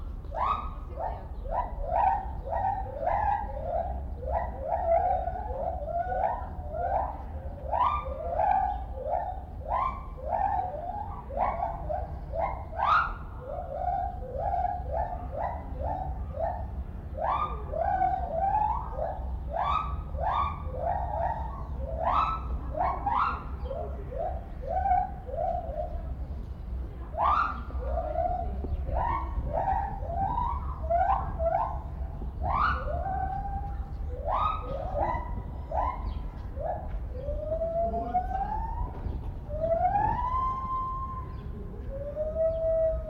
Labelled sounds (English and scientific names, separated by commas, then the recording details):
Lar Gibbon (Hylobates lar) call
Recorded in captivity
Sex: pair
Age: adult
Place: Zoo Berlin, Berlin, DE
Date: 1995-03-11 10:20
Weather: sonnig, 0 - 5 °C
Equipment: Sony WM-D6C, Sennheiser ME 80, Kopie Uher Variocord 263
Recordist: Tembrock, Günter